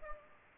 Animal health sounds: mosquito wingbeat signal from an infrared sensor; Culex pipiens

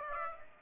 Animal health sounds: mosquito wingbeat signal from an infrared sensor; Aedes aegypti

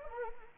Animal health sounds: mosquito wingbeat signal from an infrared sensor; Anopheles arabiensis

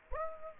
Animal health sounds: mosquito wingbeat signal from an infrared sensor; Aedes aegypti

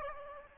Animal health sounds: mosquito wingbeat signal from an infrared sensor; Aedes albopictus

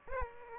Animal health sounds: mosquito wingbeat signal from an infrared sensor; Aedes aegypti

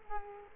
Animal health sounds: mosquito wingbeat signal from an infrared sensor; Culex quinquefasciatus

